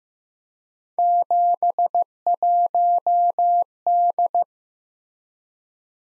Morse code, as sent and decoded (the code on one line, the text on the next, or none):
--... .---- -..
71D